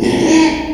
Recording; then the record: squeal of a Yucatan mini pig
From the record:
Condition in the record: after surgery on the right vocal fold (resection and tissue-engineered implant); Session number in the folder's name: 2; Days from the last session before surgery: 13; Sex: male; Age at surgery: 12 weeks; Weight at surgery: 13 kg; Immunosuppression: cyclosporine, prednisolone